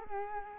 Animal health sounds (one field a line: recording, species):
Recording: mosquito wingbeat signal from an infrared sensor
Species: Culex quinquefasciatus